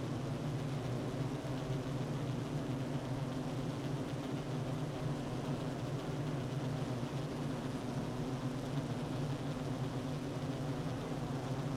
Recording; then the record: honeybee colony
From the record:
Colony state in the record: active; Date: 12 June 2018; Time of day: 9:42